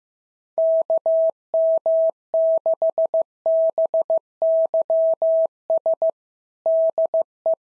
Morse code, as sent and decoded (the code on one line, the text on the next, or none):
-.- -- -.... -... -.-- ... / -.. .
KM6BYS DE